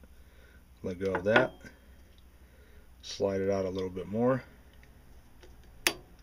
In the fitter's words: you heard a click that means the tension is off of both of them that was a second click